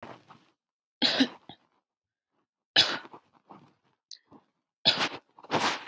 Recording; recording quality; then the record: shallow voluntary cough; excellent, no background noise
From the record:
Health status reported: exposed to COVID-19, no respiratory illness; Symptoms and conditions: none ticked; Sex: female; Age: 18 years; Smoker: not ticked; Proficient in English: yes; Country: Canada